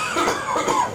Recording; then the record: coughing mixed with background sound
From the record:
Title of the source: Spring Cold Coughing 2